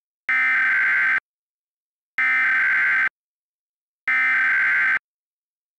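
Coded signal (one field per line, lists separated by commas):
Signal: Emergency Alert System (SAME) tones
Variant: header bursts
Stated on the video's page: Fictional mock EAS alert made as a collaboration.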